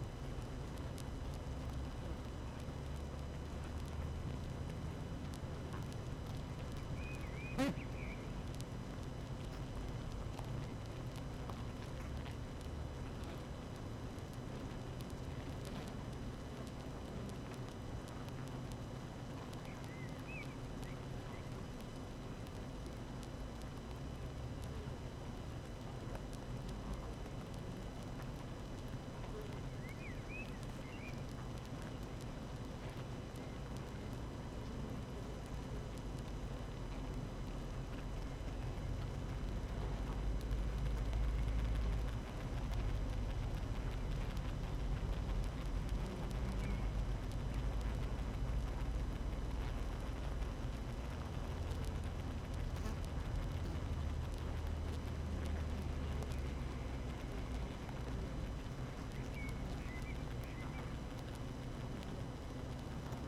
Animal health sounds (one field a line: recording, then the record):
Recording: honeybee colony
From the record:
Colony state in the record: active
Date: 12 June 2018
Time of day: 7:12